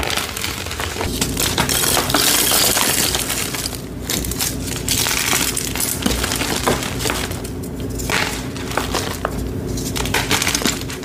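Gym chalk blocks are crushed in a continuous, dense stream of crumbly crackling and gritty crunching with no pauses. Sharp clicks and clinks pop out frequently, with brief louder bursts around two and eight seconds, over a faint low steady hum.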